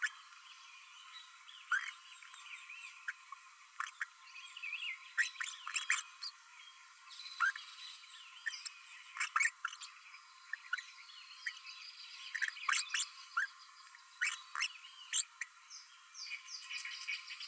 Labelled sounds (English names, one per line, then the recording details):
Green-rumped Parrotlet babbling
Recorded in a nest box in Venezuela
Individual 18B12A3